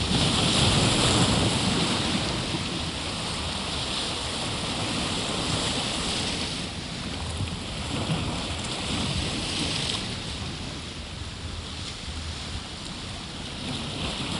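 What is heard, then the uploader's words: Gentle waves wash past in a steady, dense rush with slow swells, loudest at the start, with low wind rumble underneath throughout. The alluring, blue-green water found here at the tip of Key West. The ebb and flow of gently passing waves.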